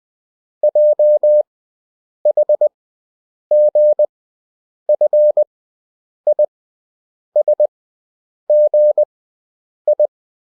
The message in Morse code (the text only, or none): J H G F I S G I